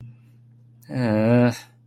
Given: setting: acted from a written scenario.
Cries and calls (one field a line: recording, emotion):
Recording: vocal sound without words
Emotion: sympathy